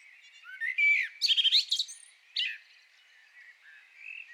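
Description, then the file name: Common blackbird song: a short fluted whistle followed by a rapid squeaky twitter, then a softer, quieter continuation. "Turdus merula"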